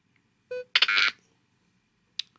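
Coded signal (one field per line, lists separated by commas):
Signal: data over sound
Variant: Alango Short-Range Sound Modem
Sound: a brief buzzy beep, then a short harsh burst of dense data tones, then a click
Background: quiet room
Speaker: In fact, you can actually hear this modulated signal when I soft touch one of the preinstalled phrases.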